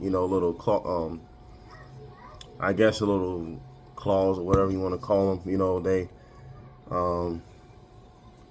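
A metal crimp terminal with small locking barbs is handled at a plastic ebike connector housing while someone talks. It has not yet been pushed in far enough for the barbs to lock, so nothing has seated or clicked yet.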